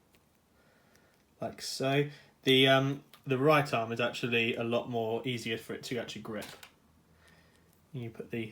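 An accessory is being fitted into a plastic Star Wars Rebels Zeb Black Series action figure's right arm while someone talks, with faint handling ticks around 0.2, 1.0 and 7.7 s. The accessory is being handled but has not clicked or seated into place yet.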